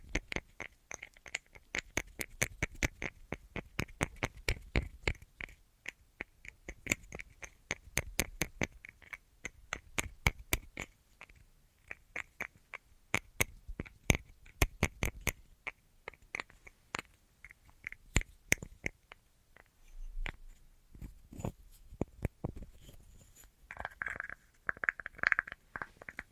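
An assortment of tapping: sharp, dry clicks come in quick irregular bursts, sometimes rapid runs, sometimes sparse single taps. The pace thins toward the end, where a brief scratchy rustle appears around 24 seconds amid the last taps.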